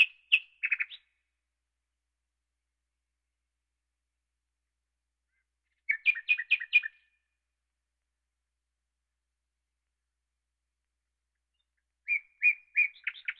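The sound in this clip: Nightingale song: three short phrases about six seconds apart, each a quick series of repeated sweeping chirps, with silence between phrases.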